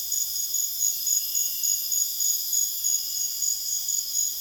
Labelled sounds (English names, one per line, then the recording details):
none
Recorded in dense forest near Puerto Asís, Putumayo, Colombia, on 22 June 2025 at 21:30
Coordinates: 0.484, -76.325
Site H65